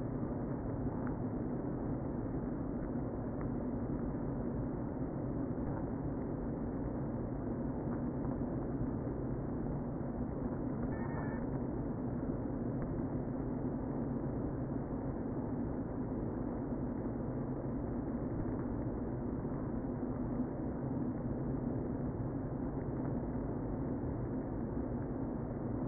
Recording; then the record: honeybee colony, microphone inside the hive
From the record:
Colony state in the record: queen present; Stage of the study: before two queens were removed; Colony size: about 60,000 bees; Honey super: yes